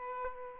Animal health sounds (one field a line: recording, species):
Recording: mosquito wingbeat signal from an infrared sensor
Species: Aedes albopictus